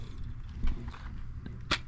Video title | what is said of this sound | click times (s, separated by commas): 2022+ XSR900 Battery Replacement | And then it just pops right in. | 1.7 s